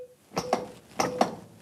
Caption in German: Hören Sie den Piepston? Das ist die Geschwindigkeit, wie Sie jetzt drücken müssen. Ca. 5 cm tief.